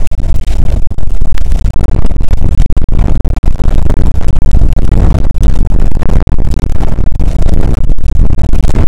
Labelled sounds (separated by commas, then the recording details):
wind
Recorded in the Prudhoe Bay oil fields, Alaska, on 2 August 2019 at 01:32
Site 29